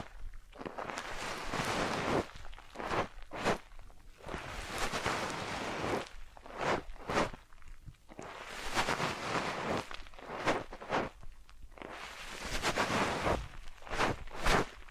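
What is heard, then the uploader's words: Massage sounds: hands rubbing and brushing, giving repeated soft scratchy swishes that swell and fade every second or two. Longer rubbing strokes alternate with quick sharp brushes, especially around the middle and end, with brief quiet gaps between. Massage, Ear Cleaning and Spa.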